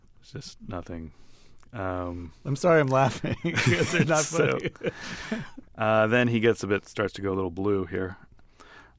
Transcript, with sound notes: It's just nothing.
I'm sorry I'm laughing (laughter).
Then he gets a bit - starts to go a little blue here.